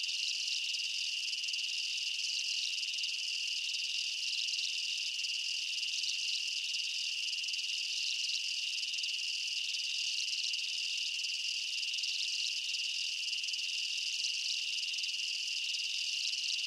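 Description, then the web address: Insects in a long unbroken high-pitched chorus, steady ringing tone and shimmering trills, with occasional brief swells in loudness. Night ambience in a jungle, insects and bugs chirping. "Blastwave INSECTS Amb Night Jungle BU. ambience insects chirps night jungle bugs"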